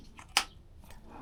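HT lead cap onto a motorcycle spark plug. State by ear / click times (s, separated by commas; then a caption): seated / 0.4 s. A spark plug HT lead cap is pushed onto the spark plug of a BMW R1100/R1150 motorcycle boxer engine during reassembly. It clicks home sharply at 0.4 s, a short bright snap, and the cap is seated. Soft, quiet handling sounds come before and after it.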